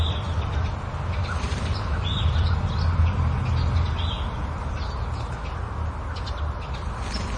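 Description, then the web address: Birds give quick high chirps at uneven intervals, with a low rumble and steady background noise underneath. Suburban setting; agitated birds flapping. "suburban ambience with agitated birds flapping and chirping"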